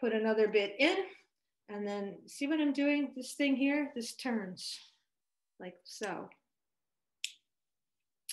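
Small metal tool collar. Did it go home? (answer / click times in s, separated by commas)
yes / 7.2 s, 8.3 s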